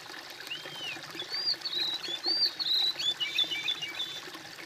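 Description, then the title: Bird song of soft slurred whistles and rapid twittering notes running together over a steady background hiss. "kOMPILASI suara bird"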